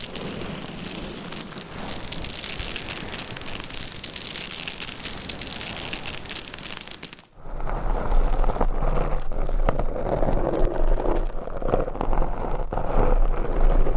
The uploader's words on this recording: ASMR Binaural Mic Scratching - Brain Scratching No Talking for Sleep with Long Nails.